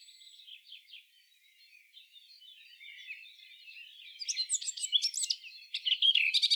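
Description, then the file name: Eurasian blackcap song: a soft, scratchy, hurried warble for about four seconds that swells into louder, clear fluty notes toward the end. "Sylvia atricapilla"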